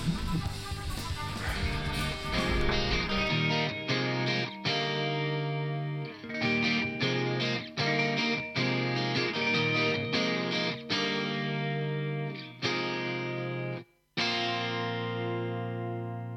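A loud rock song with distorted, effects-heavy guitars playing punchy rhythmic chords, cut by brief stops and a sudden short silence before the band crashes back in; a track from a band's new album released on 1 October.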